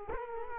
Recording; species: mosquito wingbeat signal from an infrared sensor; Culex quinquefasciatus